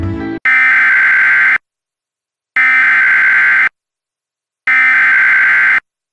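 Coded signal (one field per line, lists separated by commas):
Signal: Emergency Alert System (SAME) tones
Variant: header bursts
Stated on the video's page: Reenactment mock using valid alert tones.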